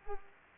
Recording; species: mosquito wingbeat signal from an infrared sensor; Culex pipiens